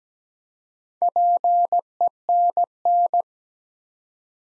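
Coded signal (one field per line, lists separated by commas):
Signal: Morse code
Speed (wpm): 17 wpm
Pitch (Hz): 700 Hz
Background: none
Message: PENN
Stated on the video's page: Morse practice at 17 wpm building 5-letter words one letter at a time.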